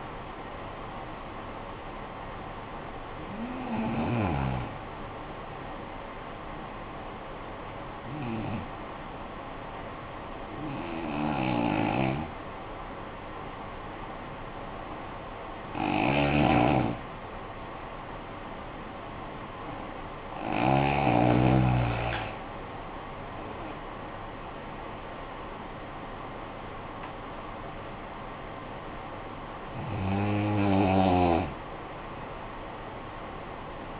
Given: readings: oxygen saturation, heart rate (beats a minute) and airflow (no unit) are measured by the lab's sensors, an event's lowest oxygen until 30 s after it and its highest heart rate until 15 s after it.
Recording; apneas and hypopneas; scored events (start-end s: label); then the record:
breathing in sleep by a voice recorder at the bedside; none
22.00-34.00 s: new sleep stage, N2 (light sleep)
From the record:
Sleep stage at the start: N1 (lightest sleep); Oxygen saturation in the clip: 90 to 95%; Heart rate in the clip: 46 to 63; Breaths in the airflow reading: 7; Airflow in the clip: -12.4 to 11.0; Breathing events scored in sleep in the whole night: 445 in 7.6 hours asleep